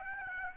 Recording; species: mosquito wingbeat signal from an infrared sensor; Aedes aegypti